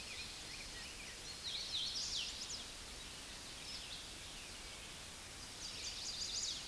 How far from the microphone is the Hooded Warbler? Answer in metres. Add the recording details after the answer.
about 35 m. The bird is about 10 m above the microphone. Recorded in a Pennsylvania forest on 16 May 2024 at 09:34. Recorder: AudioMoth, point MSD-0690. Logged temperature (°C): 16.0 °C. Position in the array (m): 166 m, 113 m